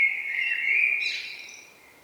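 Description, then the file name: Common blackbird fluting whistle that rises into a scratchy high twitter before fading out. "Turdus merula"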